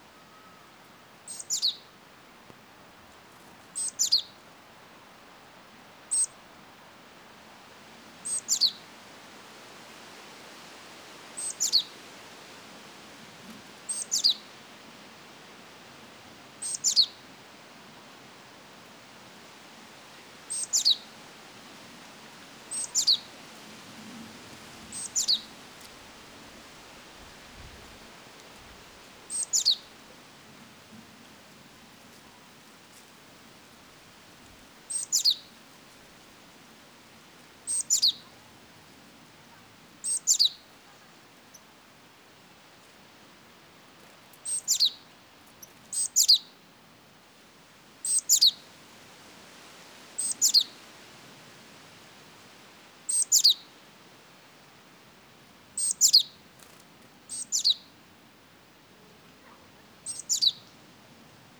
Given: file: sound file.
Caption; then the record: Alarm calls of Jilin-tits in response to dove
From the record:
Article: Geographic Variation in Note Types of Alarm Calls in Japanese Tits (Parus minor)